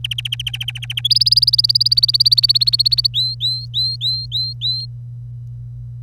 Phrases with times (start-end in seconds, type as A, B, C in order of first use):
0.04-1.01 A, 1.04-3.07 B, 3.14-4.86 C